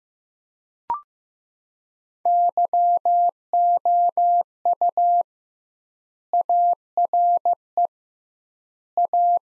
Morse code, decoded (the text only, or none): YOU ARE A